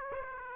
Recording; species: mosquito wingbeat signal from an infrared sensor; Aedes aegypti